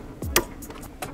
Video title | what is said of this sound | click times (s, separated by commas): inLab MC XL: How to Calibrate | important at this point is when you tighten up these calibration pins you want to make sure that this is torque that least once you should hear it click then | 0.4 s